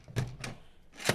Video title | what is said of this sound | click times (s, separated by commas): Instant Pot Tips and Tricks | and then it just locks into place so very simple to | 0.4 s